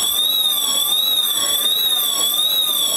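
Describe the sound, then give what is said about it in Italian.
A loud, continuous blackout alarm siren blares at Fiumicino airport in Rome, a shrill electronic tone whose pitch wavers slowly up and down without pause. No voices are heard. “Questa è la sirena del blackout che è suonata oggi a Fiumicino stamattina.”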